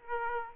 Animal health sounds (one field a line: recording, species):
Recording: mosquito wingbeat signal from an infrared sensor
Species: Aedes aegypti